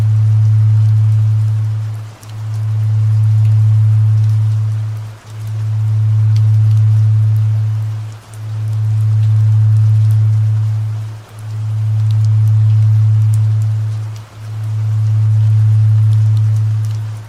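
A deep, steady low tone hums in long swells about three seconds each, briefly dipping between them. Underneath, a soft, even rain hiss runs throughout, with scattered light drops ticking at the top.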